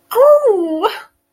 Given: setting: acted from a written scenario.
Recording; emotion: vocal sound without words; distress